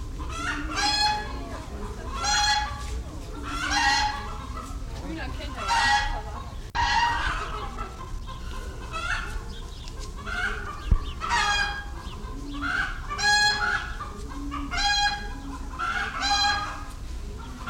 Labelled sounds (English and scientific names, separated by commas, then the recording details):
Red Junglefowl (Gallus gallus) call
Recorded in captivity
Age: adult
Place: Zoo Berlin, Berlin, DE
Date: 1994-07-16
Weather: sonnig, 22-26°C
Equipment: Marantz CP 430, Sennheiser ME 80, Kopie Uher Variocord 263
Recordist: Tembrock, Günter